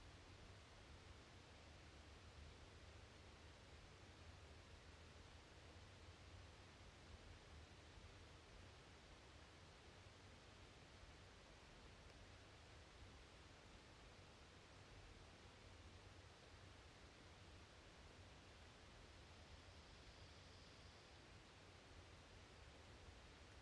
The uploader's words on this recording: Still air in a cool late Spring night in a temperate deciduous forest, quiet air broken only by a calling Barred Owl, Strix varia, echoing through the forest, mastered stereo mixdown from original quad Tree Ears recording with UsiPro for the front and a Clippy EM272 pair for the rear. Recorded in the beautiful Pacific Northwest in Washington, United States. Deciduous Forest Quiet Still Night With Owl.